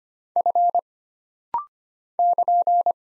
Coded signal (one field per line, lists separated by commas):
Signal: Morse code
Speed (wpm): 25 wpm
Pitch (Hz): 700 Hz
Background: none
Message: F <KN>